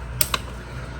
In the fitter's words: we heard the magic click we're good